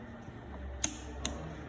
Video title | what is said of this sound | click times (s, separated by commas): How to Clean & Prepare a Spiral Cutterblock | hit a little click that that means it's at tension | 0.8 s, 1.2 s